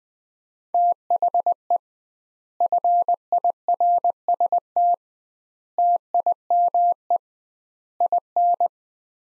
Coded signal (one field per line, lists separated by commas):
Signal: Morse code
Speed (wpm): 20 wpm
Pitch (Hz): 700 Hz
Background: none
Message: THE FIRST TIME IN